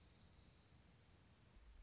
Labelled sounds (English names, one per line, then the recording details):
Dark-eyed Junco
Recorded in Sonoma County, California